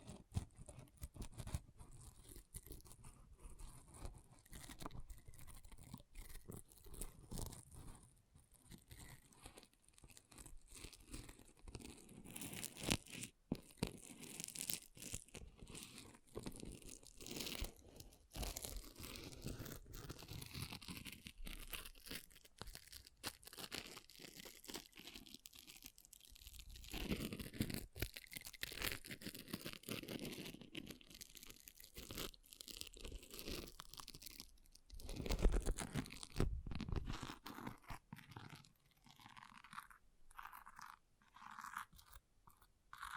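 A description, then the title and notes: An object scratches and scrapes, dense crinkly rasping bursts with brief pauses and a louder scrape near the end. ASMR Brain Melting Object Scratching (No Talking).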